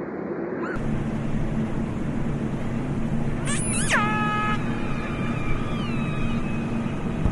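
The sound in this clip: Orca call, a sharp downward-sweeping squeal that levels into a steady harmonic tone, amid continuous low rumbling noise.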